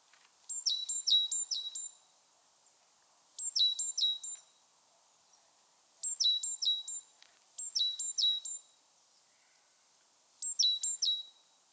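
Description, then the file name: Great tit calls: five bursts of clipped high notes falling in pitch, each burst several notes long, repeated every one and a half to three seconds. "Parus major"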